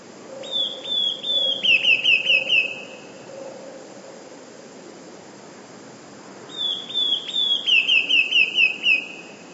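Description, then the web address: Eurasian blue tit, two song phrases about six seconds apart, each three high thin notes leading into a quick descending trill. "wroblowe teka 2 spiew. modraszkoteka"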